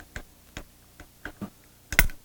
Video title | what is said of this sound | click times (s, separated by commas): ModelSport MS0305 | there we go and that snaps into place | 2.0 s